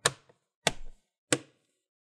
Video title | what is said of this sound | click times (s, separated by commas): How to replace Hp Pavilion 15 Cw Battery | and then you're going to hit clicks you want to hear those clicks all around | 0.1 s, 0.7 s, 1.3 s